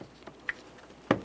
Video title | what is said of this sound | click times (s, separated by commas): How to Replace Power Steering Pump 2007-2017 Jeep Patriot | Press it in. Can hear an audible click from that. | 1.1 s